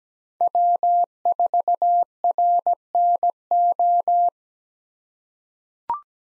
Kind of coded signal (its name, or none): Morse code